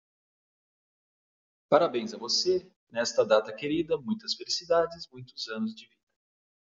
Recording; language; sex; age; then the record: short text; Brazilian Portuguese; male; 50 to 59 years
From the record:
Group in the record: control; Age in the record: 54 years